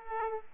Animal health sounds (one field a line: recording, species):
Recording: mosquito wingbeat signal from an infrared sensor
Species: Aedes aegypti